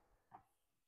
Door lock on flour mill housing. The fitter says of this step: आणि door proper बंद आणि त्याच्यानंतर अजून एक हे लॉक करून घ्यायचं हे